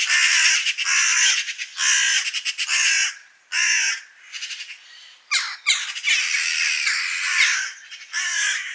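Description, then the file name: Eurasian magpie calling with a series of harsh, grating chacks, some clipped into rapid stuttering runs, others longer rasping notes, continuing throughout. "Pica pica"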